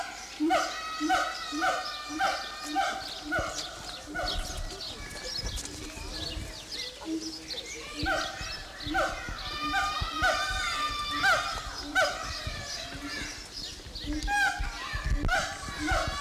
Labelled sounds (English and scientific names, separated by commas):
Siamang (Symphalangus syndactylus)